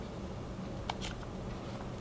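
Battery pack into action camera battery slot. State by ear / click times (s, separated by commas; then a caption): seated / 0.9 s. A battery pack is pushed into the battery slot of a DJI Osmo Action 4K camera and clicks in sharply at 0.9 s, seating securely. A few fainter ticks follow over low steady background noise.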